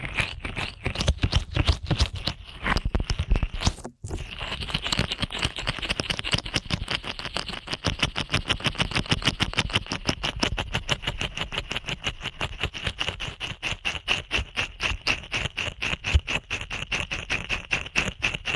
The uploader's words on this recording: ASMR Ear Cleaning at Helicopter Speed.